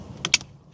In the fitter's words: peal hear the click push